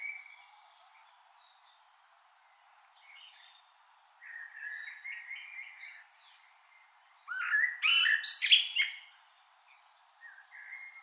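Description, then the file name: Common blackbird giving soft fluted notes, then a loud burst of squeaky high twittering near the end. "Turdus merula"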